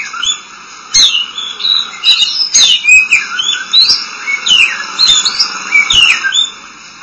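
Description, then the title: Oriental magpie-robin singing rich whistled notes that slide up and down in varied phrases, with a constant high droning tone behind them. Song (kicauan). "Suara Kicauan Burung Kacer Durasi Panjang"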